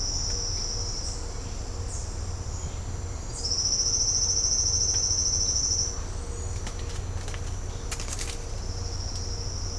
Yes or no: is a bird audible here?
no